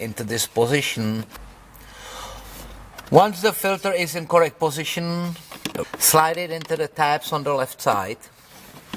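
Someone talks while handling the cabin air filter cover of a 2008 Land Rover LR3, pressing it up into position and sliding it into the tabs on the left side of the filter housing behind the glove box, with a few brief handling knocks. Nothing has seated or clicked yet; the cover is still being handled and is not yet home.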